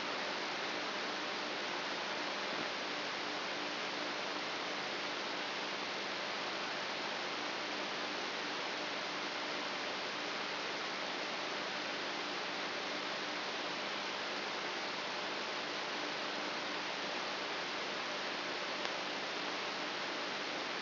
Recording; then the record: brain microelectrode recording played as sound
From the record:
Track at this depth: inside the subthalamic nucleus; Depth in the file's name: 5.816 mm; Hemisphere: left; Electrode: 3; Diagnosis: Parkinson's disease